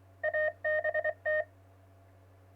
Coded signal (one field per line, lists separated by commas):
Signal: Morse code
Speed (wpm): 24 wpm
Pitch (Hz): 620 Hz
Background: none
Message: ABT